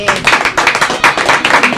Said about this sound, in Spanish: El aplauso este es para ustedes mismos, por favor.